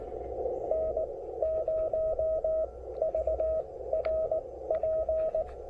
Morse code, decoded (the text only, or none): N0VRP